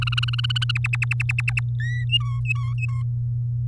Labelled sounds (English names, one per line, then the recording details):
Domestic Canary song
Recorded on 7 May 2018 at 16:55
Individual llb16